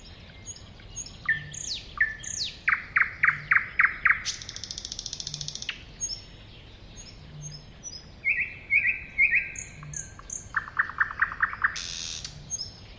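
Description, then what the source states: Thrush nightingale singing a long, varied song: series of loud repeated notes, a drawn-out rattle, short whistled phrases and another hard rattle near the end. Recorded at a woodland edge next to a lake.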